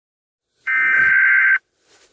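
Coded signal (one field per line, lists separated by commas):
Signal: Emergency Alert System (SAME) tones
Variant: header bursts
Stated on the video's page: Fictional EAS scenario.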